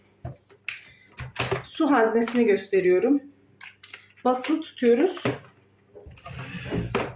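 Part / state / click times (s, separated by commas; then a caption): water tank into robot vacuum / seated / 6.9 s. A plastic water tank is held pressed and pushed into a Roborock S5 Max robot vacuum while someone talks. It clicks into place at 7.0 seconds, and the tank is seated.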